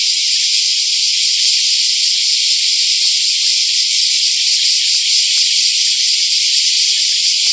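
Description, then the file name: Bear cicada song: a loud, shrill, continuous buzzing drone that holds steady without a break throughout. Recorded on 2011-07-23. "110723 kumazemi"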